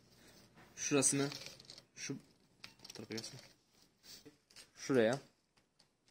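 The lower tabs of a double pleated mosquito net sash are handled as the sash is fitted into its frame, while someone talks in short bursts over soft rustling and faint handling noises. Nothing has seated or clicked yet.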